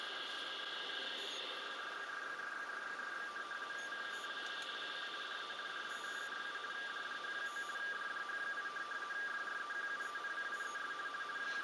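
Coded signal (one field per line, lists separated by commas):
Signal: RTTY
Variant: DWD weather RTTY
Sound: steady fast warbling between two close tones, continuous teleprinter chatter over hiss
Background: radio static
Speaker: das ist jetzt das Pausenzeichen sozusagen also da werden noch mal die verschiedenen Frequenzen aufgezählt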